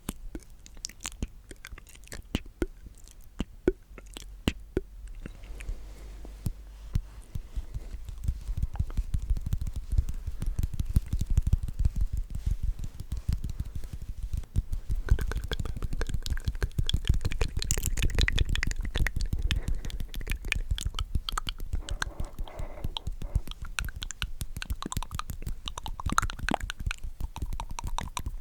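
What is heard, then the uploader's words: Mouth sounds made in quick, dense bursts: wet clicks, smacks and chewing-like crunches. The first few seconds are sparse, with sharp isolated clicks. From about six seconds the sounds thicken into a steady busy stream with a low rumbling underneath that continues to the end. ASMR The MOST Tingly MOUTH Sounds.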